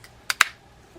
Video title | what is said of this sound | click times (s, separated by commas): Penn Leveline 350 Fishing reel how to service and how the torsion bar feature works | just like that I heard the snap it's exactly what I wanted to hear and now we can uh | 0.3 s, 0.4 s